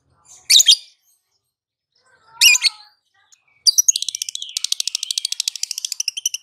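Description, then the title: Lovebird sounds: two harsh squawk-like chirps, then a rapid buzzy chattering run of high, repeated pulses that continues to the end. Continuous chattering (konslet) song, used for training other birds. "Masteran Lovebird Konslet"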